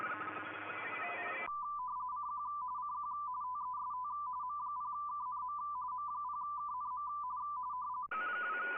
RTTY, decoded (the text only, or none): K CQ CQ TEST M0KNM M0KNM